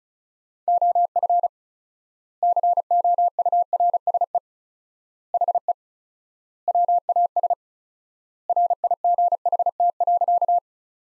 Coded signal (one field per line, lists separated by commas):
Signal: Morse code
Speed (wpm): 36 wpm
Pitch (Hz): 700 Hz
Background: none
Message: OF COURSE HE WAS RIGHT.